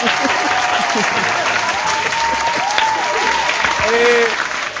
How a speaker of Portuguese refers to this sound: Eu acho que ele merece uma salva de palmas. Por favor.